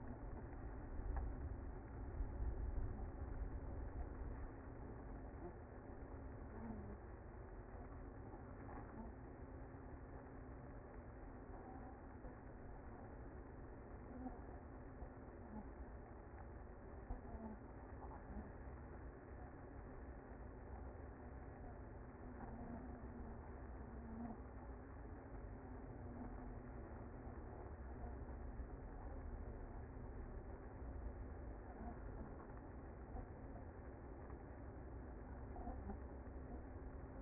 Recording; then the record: honeybee colony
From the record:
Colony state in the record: active